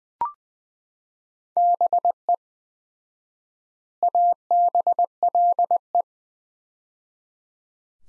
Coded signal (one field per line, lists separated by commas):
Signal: Morse code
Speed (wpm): 20 wpm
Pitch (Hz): 700 Hz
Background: none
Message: BE ABLE